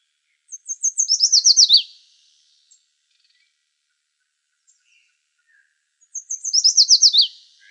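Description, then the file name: Yellow warbler song, two sweet accelerating phrases of high notes with emphatic down-slurred endings, separated by several seconds of near silence. Recorded in Arizona. "YWAR 2 deviche"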